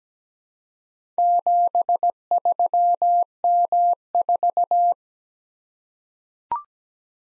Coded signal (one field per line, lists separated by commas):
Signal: Morse code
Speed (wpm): 17 wpm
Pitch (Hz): 700 Hz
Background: none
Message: 73M4